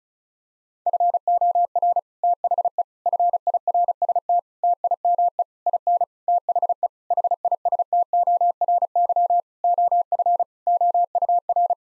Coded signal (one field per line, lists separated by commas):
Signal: Morse code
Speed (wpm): 36 wpm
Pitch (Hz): 700 Hz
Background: none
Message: FOR THE FIRST TIME IN THE HISTORY OF OUR